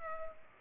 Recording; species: mosquito wingbeat signal from an infrared sensor; Culex pipiens